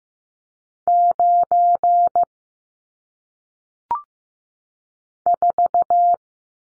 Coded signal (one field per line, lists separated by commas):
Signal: Morse code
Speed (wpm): 15 wpm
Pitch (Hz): 700 Hz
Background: none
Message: 9 4